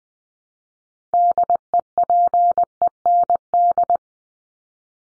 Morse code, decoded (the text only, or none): DEPEND